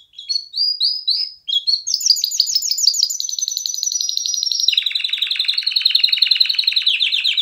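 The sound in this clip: Canary song opening with a few rising chirps, then a loud unbroken run of fast high trills that drop slightly in pitch midway.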